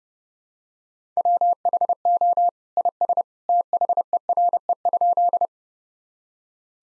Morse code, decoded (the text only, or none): WHO IS THERE?